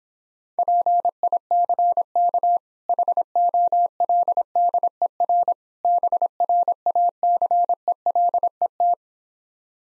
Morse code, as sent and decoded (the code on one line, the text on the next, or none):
.--. .. -.-. -.- / .... --- .-.. -.. . .-. / -... .-. .- -.-. . .-.. . -
PICK HOLDER BRACELET